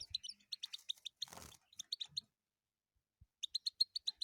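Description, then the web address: European goldfinch song, fast runs of sharp tinkling notes, broken by a short rustling noise burst, then a brief silence before the twitter resumes. "penie schegla"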